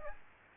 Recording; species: mosquito wingbeat signal from an infrared sensor; Aedes aegypti